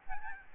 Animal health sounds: mosquito wingbeat signal from an infrared sensor; Aedes albopictus

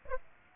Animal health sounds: mosquito wingbeat signal from an infrared sensor; Aedes aegypti

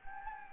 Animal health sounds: mosquito wingbeat signal from an infrared sensor; Anopheles gambiae

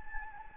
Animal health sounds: mosquito wingbeat signal from an infrared sensor; Anopheles gambiae

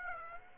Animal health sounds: mosquito wingbeat signal from an infrared sensor; Aedes aegypti

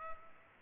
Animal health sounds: mosquito wingbeat signal from an infrared sensor; Culex pipiens

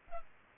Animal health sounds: mosquito wingbeat signal from an infrared sensor; Culex pipiens

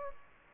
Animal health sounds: mosquito wingbeat signal from an infrared sensor; Culex quinquefasciatus

